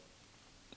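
The folding clasp on a metal watch bracelet is pushed closed, and a single short, sharp click sounds at 0.7 s as it latches shut. The rest of the clip is quiet, steady background hiss. The clasp is seated and closed.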